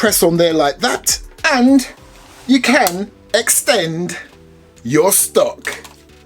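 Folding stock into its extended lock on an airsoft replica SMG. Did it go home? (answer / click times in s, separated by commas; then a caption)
no / none. Someone talks over steady background music while pressing the release on the folding metal stock of an SRC Luxury Edition steel MP40 airsoft replica submachine gun and starting to swing the stock out toward its extended position. Nothing has latched or clicked into place yet by the end of the clip.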